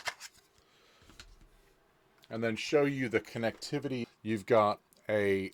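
A snap-in plastic cable cover clip is unclipped from the rear connection panel of a Logitech MeetUp 2 video conferencing soundbar to show the connections. After a faint tick at 0.6 s, a sharp click at 1.2 s marks the cover releasing. Someone then talks from about 2.3 s onward.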